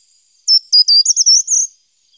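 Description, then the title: Short-toed treecreeper giving a single short song phrase, about a second long, of high piercing notes ending in a rippling flourish. Recorded in Germany, Austria and Switzerland. "Gartenbaumläufer"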